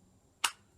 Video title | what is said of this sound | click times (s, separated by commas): Vedder Lighttuck Holster | into place you get that nice pop | 0.4 s